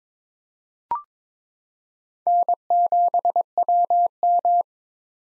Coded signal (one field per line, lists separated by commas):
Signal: Morse code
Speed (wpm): 22 wpm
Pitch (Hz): 700 Hz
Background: none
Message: N7WM